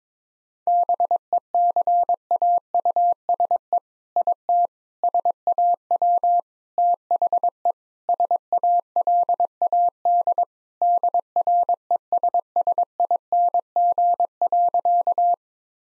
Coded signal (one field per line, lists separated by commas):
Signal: Morse code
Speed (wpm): 22 wpm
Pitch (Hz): 700 Hz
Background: none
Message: BECAUSE IT SAW THE SALAD DRESSING.